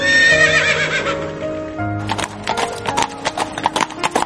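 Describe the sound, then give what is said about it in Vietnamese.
A horse gives a loud, high whinny that trails off, then rapid clip-clopping hoofbeats take over, a quick uneven pounding of 21 horses galloping away and kicking up snow. “Có ngựa quật tung vụn tuyết, 21 con ngựa rách rút chạy đi, bóng dáng mất hút giữa trời đất mênh mang.”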